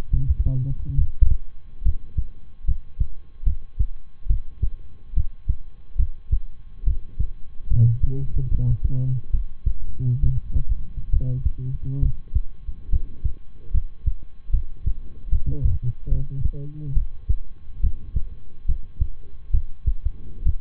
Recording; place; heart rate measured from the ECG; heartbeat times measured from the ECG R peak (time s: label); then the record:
heart sounds by stethoscope; between the tricuspid and mitral areas; 71 bpm
0.10 s: heartbeat
0.94 s: heartbeat
1.82 s: heartbeat
2.64 s: heartbeat
3.43 s: heartbeat
4.26 s: heartbeat
5.13 s: heartbeat
5.96 s: heartbeat
6.83 s: heartbeat
7.67 s: heartbeat
8.48 s: heartbeat
9.30 s: heartbeat
10.19 s: heartbeat
11.09 s: heartbeat
11.99 s: heartbeat
12.89 s: heartbeat
13.70 s: heartbeat
14.50 s: heartbeat
15.28 s: heartbeat
16.08 s: heartbeat
16.93 s: heartbeat
17.80 s: heartbeat
18.65 s: heartbeat
19.50 s: heartbeat
20.42 s: heartbeat
From the record:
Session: rest, lying down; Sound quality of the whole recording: good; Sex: male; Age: 23 years